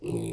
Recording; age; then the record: pig call; weaner (32 to 43 days)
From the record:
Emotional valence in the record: negative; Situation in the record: short isolation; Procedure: open field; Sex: female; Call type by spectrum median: low-frequency call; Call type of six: low-frequency stable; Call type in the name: low-frequency stable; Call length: 0.33 s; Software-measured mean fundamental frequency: 57 Hz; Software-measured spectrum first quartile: 242 Hz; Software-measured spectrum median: 403 Hz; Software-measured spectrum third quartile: 1753 Hz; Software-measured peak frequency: 345 Hz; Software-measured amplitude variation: 142 dB a second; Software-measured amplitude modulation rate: 26.0 a second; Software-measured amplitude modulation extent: 5.4 dB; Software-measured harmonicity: 4.8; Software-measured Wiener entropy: -4.23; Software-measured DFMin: 1484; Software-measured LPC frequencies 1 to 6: 348, 2531, 3589, 4803, 6071, 7783 Hz